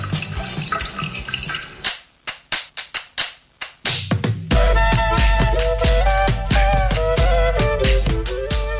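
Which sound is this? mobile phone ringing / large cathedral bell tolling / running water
running water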